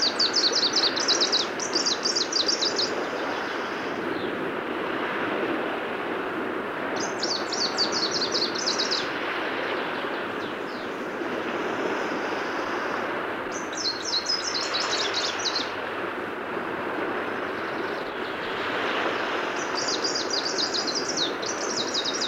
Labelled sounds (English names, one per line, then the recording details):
Greenish Warbler song
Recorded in the wild
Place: Binz, Insel Rügen, Mecklenburg-Vorpommern, DE
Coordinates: 54.374, 13.662
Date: 1978-06-17
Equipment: Nagra III BH, Sennheiser MD 21, parabola
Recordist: Schubert, Michael